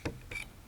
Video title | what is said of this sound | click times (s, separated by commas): Patterning Your Turkey Gun I How to Mount a Red Dot and Pattern a Shotgun for Turkey Hunting | so in this case we'll start at 14 slow steady turn till the wrench clicks | 0.1 s